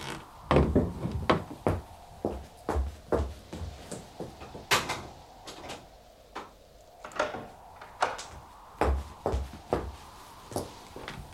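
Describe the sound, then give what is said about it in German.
A door is handled and locked: a run of sharp metallic clicks, clunks and rattles in uneven bursts, with a bolt sliding across and knocking into place, no voices. “Schließ ab und leg den Riegel vor.”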